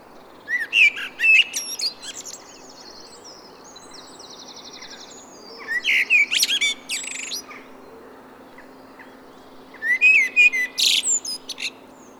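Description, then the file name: Common blackbird song, three phrases spaced by pauses, fluted warbles mixed with buzzy, high-pitched chatter, over a low constant hum. "Turdus merula"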